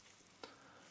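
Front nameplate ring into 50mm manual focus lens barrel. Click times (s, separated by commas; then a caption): 0.4 s. The front nameplate ring of a reassembled Canon FD 50mm 1:1.8 manual focus lens is gently pressed into the front of the lens barrel over a steady background hiss. A faint tap comes at 0.3 seconds, then a short, sharp click at 0.4 seconds as the nameplate seats in place.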